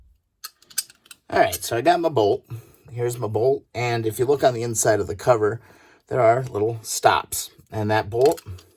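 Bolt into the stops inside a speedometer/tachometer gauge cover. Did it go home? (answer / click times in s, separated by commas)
no / none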